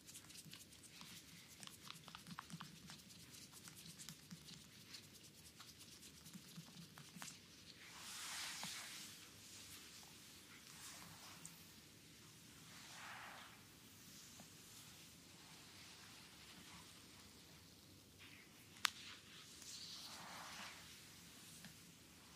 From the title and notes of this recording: ASMR Visceral Front Massage (stomach, belly, abdominal) . Asian style asmr.